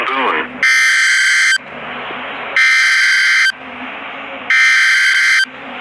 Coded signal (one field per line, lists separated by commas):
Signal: Emergency Alert System (SAME) tones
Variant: header bursts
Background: speech